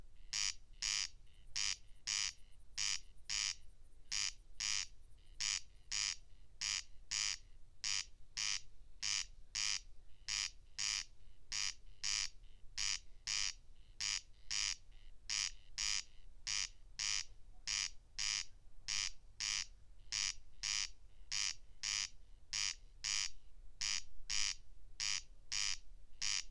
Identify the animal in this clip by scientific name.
Crex crex